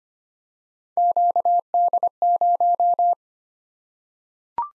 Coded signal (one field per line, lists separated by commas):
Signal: Morse code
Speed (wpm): 25 wpm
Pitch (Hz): 700 Hz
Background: none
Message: QD0